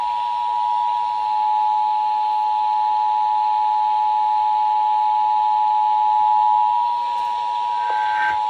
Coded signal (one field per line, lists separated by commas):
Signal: Emergency Alert System (SAME) tones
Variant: 853 and 960 Hz attention tone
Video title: EAS #275-278 - HOLY MOTHER OF MONTHLYS